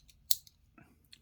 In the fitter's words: positive click when you close it six micro adjusts